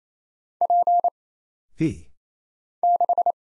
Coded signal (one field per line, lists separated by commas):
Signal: Morse code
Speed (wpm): 27 wpm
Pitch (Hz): 700 Hz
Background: none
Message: P 6